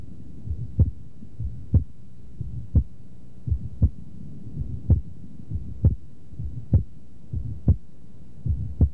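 Regular low heartbeats near 63 a minute; the second sound splits on inspiration, a normal physiologic split S2.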